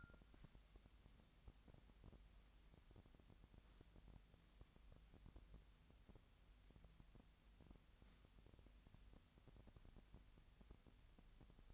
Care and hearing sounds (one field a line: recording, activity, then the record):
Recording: daily activity, microphone in the room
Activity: wipe stove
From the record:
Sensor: 3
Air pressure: 1003.2 hPa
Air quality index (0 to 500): 198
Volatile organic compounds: 6 ppm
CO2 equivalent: 1932 ppm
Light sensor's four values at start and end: 13/31/13/14 and 13/30/13/13